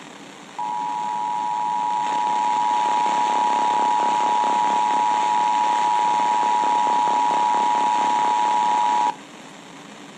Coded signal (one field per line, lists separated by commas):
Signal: Emergency Alert System (SAME) tones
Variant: 853 and 960 Hz attention tone